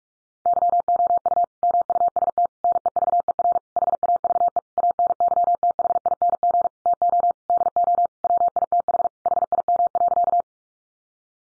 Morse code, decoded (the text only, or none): YOU MUST NEVER HAVE ANYTHING TO DO WITH HIM.